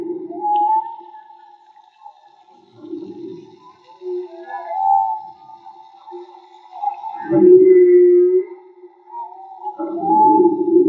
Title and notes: CANTO DE BALLENAS MAGMA. Grabación de campo y construcción dehidrofonos DIY: Jorge Barco. Limpieza de audio: Santiago Minotas